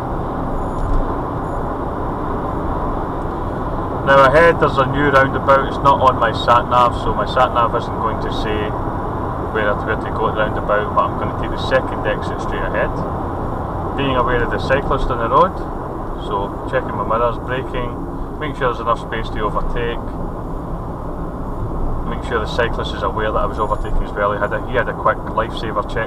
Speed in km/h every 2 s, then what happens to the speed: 81, 93, 84, 84, 84, 79, 76, 66, 52, 48, 56, 58, 60.
3-17 slows to 48. 17-23 speeds up to 60.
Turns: none.